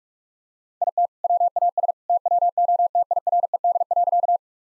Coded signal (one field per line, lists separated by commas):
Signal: Morse code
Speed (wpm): 44 wpm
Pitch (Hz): 700 Hz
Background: none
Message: IT WAS TWO TIRED.